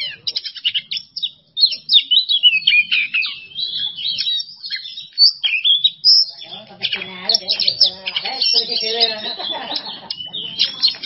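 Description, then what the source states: Oriental magpie-robin song: rapid varied whistles, chirps and trills, high-pitched and dense, with a lower, rougher chattering passage in the second half. Masteran training recording for songbirds; song style named bongkar isian emosi.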